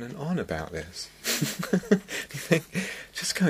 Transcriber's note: laughs